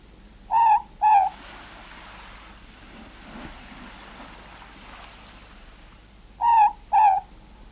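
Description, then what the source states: Morepork giving paired hooting notes, repeated roughly every six seconds, with faint hiss and soft rushing noise between the phrases. New Zealand.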